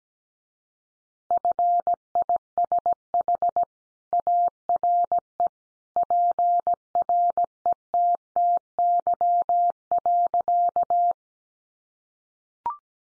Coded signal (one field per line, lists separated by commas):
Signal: Morse code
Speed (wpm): 17 wpm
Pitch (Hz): 700 Hz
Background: none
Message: FISH ARE PRETTY.